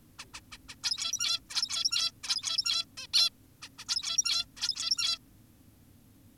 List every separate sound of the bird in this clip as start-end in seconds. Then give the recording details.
0.19-0.25, 0.34-0.41, 0.52-0.58, 0.69-0.75, 0.84-1.40, 1.50-2.12, 2.24-2.85, 2.98-3.07, 3.14-3.30, 3.62-3.69, 3.78-3.85, 3.88-4.46, 4.57-5.18. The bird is an adult. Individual g17y2U